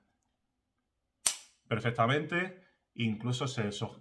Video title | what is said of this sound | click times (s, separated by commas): MONTBLANC EXPLORER EAU DE PARFUM #perfumisticos #montblanc | καπάκι κλείνει τέλεια, κουμπώνει τέλεια , | 1.3 s